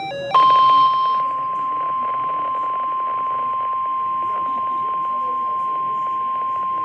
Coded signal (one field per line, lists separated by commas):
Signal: Emergency Alert System (SAME) tones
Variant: 1050 Hz attention tone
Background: speech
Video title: KIG86 EAS alerts Feb 27 2023